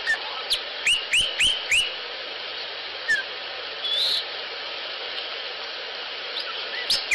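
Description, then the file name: Sinaloa Wren calling: a quick series of four clear upslurred whistles, followed by scattered single notes and a brief buzzy sound over steady hiss. Recorded 25 August 2008. "Sinaloa Wren Baxter"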